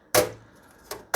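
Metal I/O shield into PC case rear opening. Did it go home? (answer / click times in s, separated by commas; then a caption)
yes / 0.1 s. A stamped metal I/O shield is pushed into the rear opening of a PC case, and one of its tabs clicks into place at 0.2 s with a sharp, bright snap. A fainter click follows at about 0.9 s and another sharp snap at the very end. The shield tab is seated.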